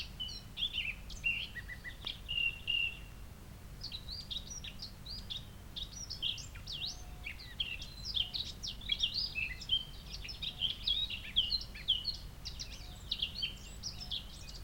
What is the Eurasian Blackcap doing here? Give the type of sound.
song